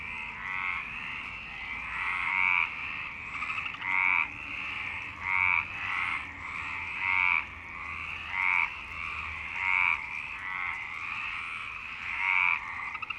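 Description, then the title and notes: Frogs calling in a busy chorus, short pulsed rasping croaks in repeated bursts. Frog chorus at Parc Longchamp, Marseille, Provence-Alpes-Côte d'Azur, France, 26 March 2011, 19:35; recorded with MixPre-6 and Basic Ucho. "Marseille, Provence-Alpes-Côte d'Azur, France - 26_03_11_19_35 Longchamps_004 grenouilles. Grenouilles au parc de Longchamp"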